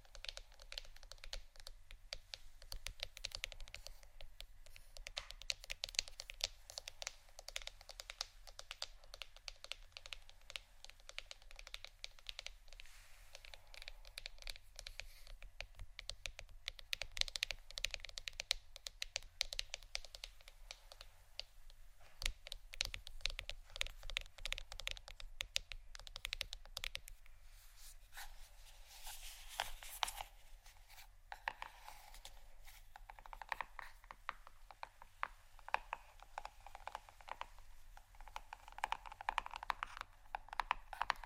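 Fingers tap and scratch on plastic bottles in a dense, continuous stream of quick clicks for the whole length, sounding much like rapid typing. The sound is bright and crisp with a low rumble underneath, and the tapping grows busier and louder around the thirty-second mark.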